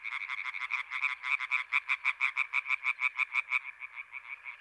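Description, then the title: European tree frog chorus: rapid, rasping croaks pulsing steadily and loudly, the beat fading slightly near the end. Many European tree frogs calling intensely at the Etang des Marguilliers pond in Sologne, France, 21 May 1993, an hour after nightfall. "Choeur de rainettes en Sologne"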